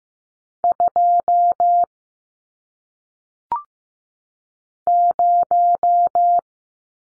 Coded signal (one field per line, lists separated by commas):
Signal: Morse code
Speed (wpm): 15 wpm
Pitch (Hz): 700 Hz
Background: none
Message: 2 0